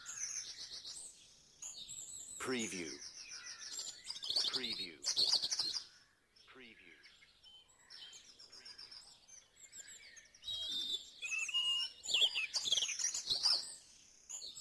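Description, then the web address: Birds in a dawn chorus, several singers overlapping with high trills, chirps and whistled phrases, swelling in bursts with brief quieter gaps between. Dawn chorus in Mold, North Wales. "beanstalk-audio Dawn Chorus in Mold North Wales"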